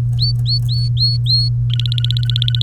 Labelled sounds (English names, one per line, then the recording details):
Domestic Canary song
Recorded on 3 May 2018 at 13:42
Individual llb3